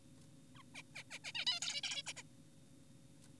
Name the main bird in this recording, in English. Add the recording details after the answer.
Zebra Finch. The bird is an adult. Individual g4p5U